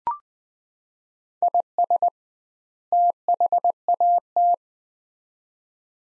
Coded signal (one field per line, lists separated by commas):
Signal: Morse code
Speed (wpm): 20 wpm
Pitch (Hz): 700 Hz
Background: none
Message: IS THAT